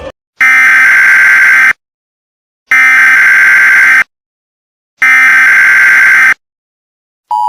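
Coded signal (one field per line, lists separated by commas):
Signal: Emergency Alert System (SAME) tones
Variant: header bursts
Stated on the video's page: Fictional EAS scenario about contaminated toxic rainfall; not a real alert.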